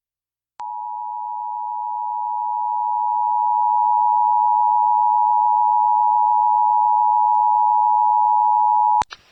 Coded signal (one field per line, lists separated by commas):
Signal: Emergency Alert System (SAME) tones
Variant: 853 and 960 Hz attention tone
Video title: Connecticut Amber Alert on WKSS (9/20/2025) (EAS #211)